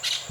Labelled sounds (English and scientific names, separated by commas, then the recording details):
Brown-throated Parakeet (Eupsittula pertinax) contact call
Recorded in Venezuela
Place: Maracay, UCV-Agronomy campus
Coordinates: 10.278, -67.607